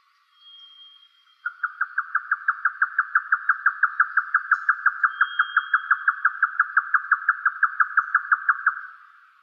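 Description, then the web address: Grey nightjar delivering one long run of many rapid, evenly spaced knocking notes, with a faint high thin whistle before and during it. "yotaka"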